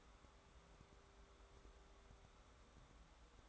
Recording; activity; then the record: daily activity, microphone in the room; take from stove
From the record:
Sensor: 3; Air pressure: 1010.3 hPa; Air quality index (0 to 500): 166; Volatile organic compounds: 9 ppm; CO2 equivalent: 2169 ppm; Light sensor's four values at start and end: 50/123/54/60 and 50/124/55/61